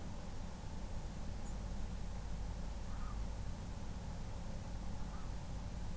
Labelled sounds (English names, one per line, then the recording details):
European Robin
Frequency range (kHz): European Robin 6.7-7.9 kHz
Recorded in France